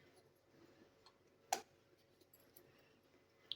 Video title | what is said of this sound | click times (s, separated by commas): 💯நரை முடியை கருமுடியாக மாற்றும் மேஜிக்! இதை மட்டும் செய்யுங்க போதும்!‌ Instant Hair Dye In Tamil👈 | அவ்வளவுதாங்க இந்த மாதிரி லாக் பண்ணிட்டு இப்ப இந்த இதுல வந்து பாத்தீங்க அப்படின்னா இங்க பாருங்க | 1.5 s, 3.5 s